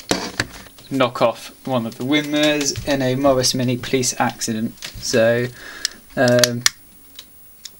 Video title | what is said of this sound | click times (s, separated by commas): Scalextric Review: McLaren MP4-12c GT3 Gulf | yeah that comes out but that's that was quite good it didn't snap or break it just popped out like that and it goes in | 7.2 s, 7.7 s